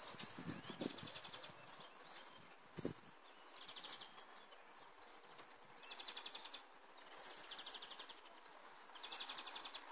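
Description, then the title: Bird calls: short buzzy trilled bursts repeated every one to three seconds over a steady hiss, with a few low thumps in the first three seconds. "Sonidos aves"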